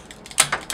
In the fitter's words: pull them. They snap into place.